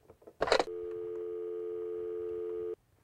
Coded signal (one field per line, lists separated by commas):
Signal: telephone call progress tone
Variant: North America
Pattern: dial tone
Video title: Mr. Tandy's Classroom: Video 10 (Driving, Housing, Government & Phone Skills)